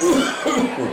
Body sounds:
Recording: coughing mixed with background sound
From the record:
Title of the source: Residual Phlegmy Morning Coughing and Gagging

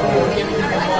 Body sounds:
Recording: background sound without coughing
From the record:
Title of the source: Nightlife Party Simulating Party Club Noise 1 Hour

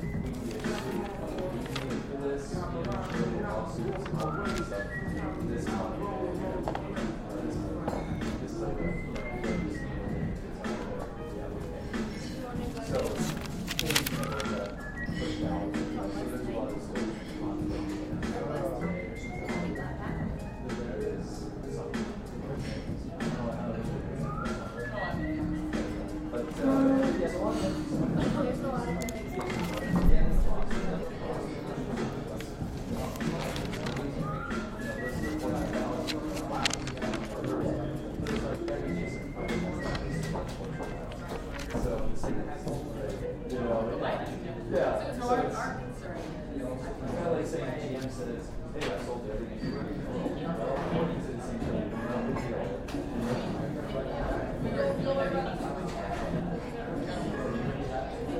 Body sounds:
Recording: background sound without coughing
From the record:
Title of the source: 60 minutes of coffee shop sounds for study and concentration

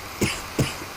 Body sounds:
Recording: coughing mixed with background sound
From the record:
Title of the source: Dry Afternoon Cough

